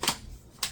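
A plastic wand end attachment on a portable steam cleaner is released from its white wand connector: the release button is pushed and the attachment is pulled back out. Sharp plastic clicks sound at 0.0 s and 0.1 s, then another at 0.6 s, with the attachment coming free.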